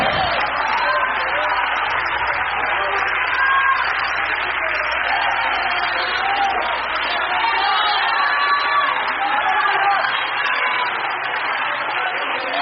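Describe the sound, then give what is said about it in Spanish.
An audience on its feet applauds and cheers for the Lord Jesus Christ, a dense wash of clapping mixed with shouts and whoops that stays loud and unbroken throughout. “Ponte en tus pies y dale un aplauso al Señor Jesucristo, por favor.”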